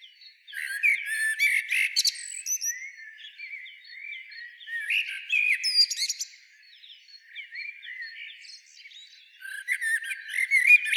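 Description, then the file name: Common blackbird song of repeated phrases, each starting with fluted whistles and ending in high scratchy twitters, with short pauses between phrases. "Turdus merula"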